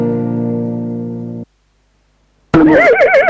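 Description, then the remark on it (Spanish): A horse neighs with a high, shaky, warbling whinny after a steady sustained tone and a short silence; the whinny is loud and cuts off abruptly. “Soy un caballo, escucho ….”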